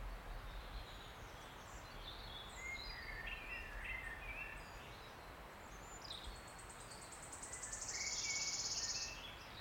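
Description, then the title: Wood warbler song: several seconds of mixed woodland birdsong, then a high, quickening series of notes that builds into a loud, shimmering trill. Male singing from the canopy of tangled oak trees in an ancient oak wood, on a steep-sided wooded valley in South Wales, in May, just after rain had stopped. "Sound Escape. listen to the cascade of wood warbler song in an ancient oak wood"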